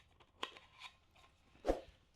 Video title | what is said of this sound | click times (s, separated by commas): China-வுல Online 🇨🇳 shopping பண்ணி இருக்கேன் குவைத்தில் இருந்து 🇰🇼 | வந்து இப்படி நம்ம லாக் பண்ணி வச்சுக்கலாம். | 0.4 s